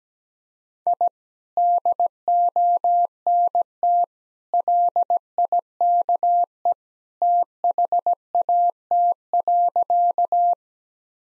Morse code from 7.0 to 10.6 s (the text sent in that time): THAT.